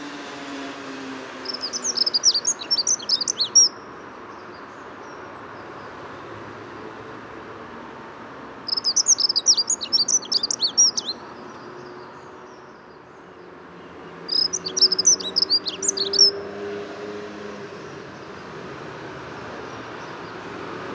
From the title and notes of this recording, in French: Entre 8h et 10h30 du matin - Bois de Vincennes - Nagra Seven - Telinga pro7. Météo radieuse et étonnante pour cette saison,qui résume un superbe safari sonore presque printanier dans le bois de Vincennes durant deux heures et demi. Le fond sonore est composé du sonouillard le brouillard sonore mais les chants d'oiseaux ressortent bien de cette rumeur de la ville.